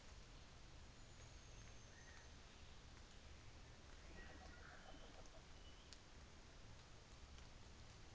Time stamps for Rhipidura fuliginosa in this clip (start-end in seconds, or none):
0.86-2.48